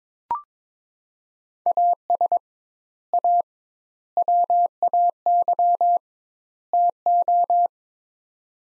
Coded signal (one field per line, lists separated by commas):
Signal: Morse code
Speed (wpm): 22 wpm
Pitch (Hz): 700 Hz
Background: none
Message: AS A WAY TO